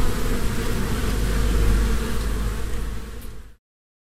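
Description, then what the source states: Honey bee swarm buzzing, a thick continuous low hum that fades out after about three and a half seconds, then silence. Humming of a swarm from a beehive.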